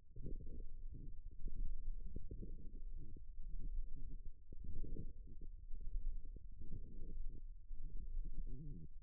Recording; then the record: forearm muscle sounds (acoustic myography)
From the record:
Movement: forearm supination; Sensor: system 1, eight BSWA MPA416 microphones around the upper forearm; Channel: 6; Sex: female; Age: 21 years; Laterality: right